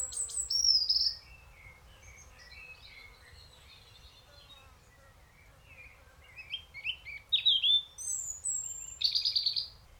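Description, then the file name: European robin song: tinkling high phrases of sliding whistles and trills at the start and end, with softer twittering in between. "Erithacus rubecula"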